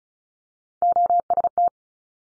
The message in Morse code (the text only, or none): OST